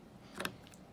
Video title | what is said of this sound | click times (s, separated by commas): Carcano 91 TS from Buds Gun Shop and should you buy one? | you you push it in slow you're gonna hear a little click and | 0.4 s